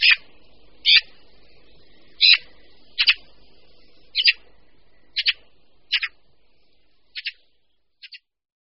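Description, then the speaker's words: Eurasian magpie: short harsh single and paired notes, repeated irregularly, gradually fading. Voice described as unpleasant-sounding, perhaps the magpie's only negative trait. "Možná, že tím jediným negativním prvkem bude zase ten její nelibě znějící hlas."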